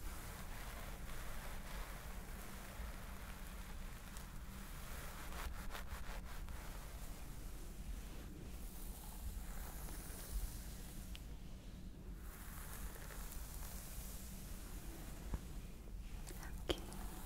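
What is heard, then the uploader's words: A scalp massage fills the clip with a steady, dense rushing and rubbing sound, over a low, constant rumble. Brief crackly scratches break through in a cluster around five to six seconds and again near the end. Stress Relieving Scalp Massage ASMR.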